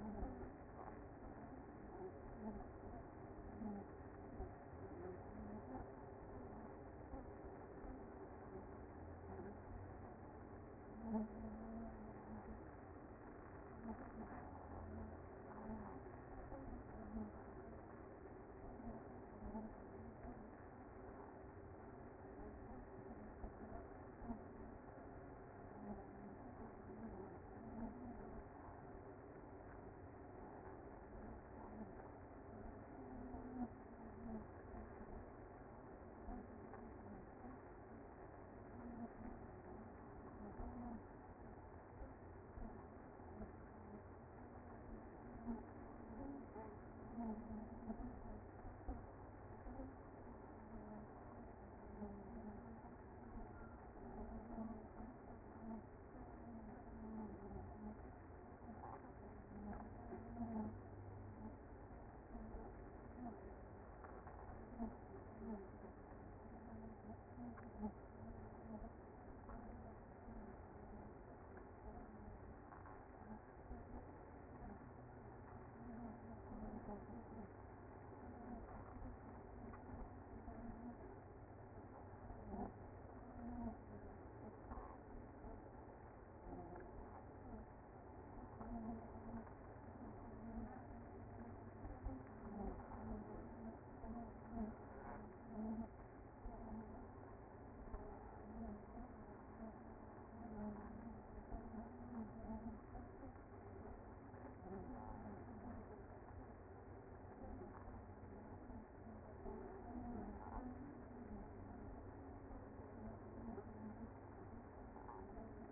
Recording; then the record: honeybee colony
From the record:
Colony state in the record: active